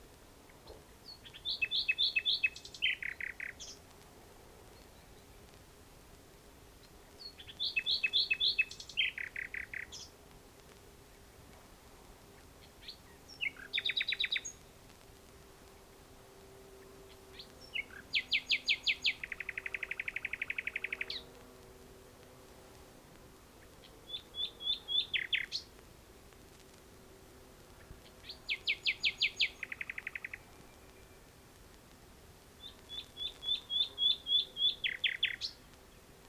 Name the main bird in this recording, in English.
Common Nightingale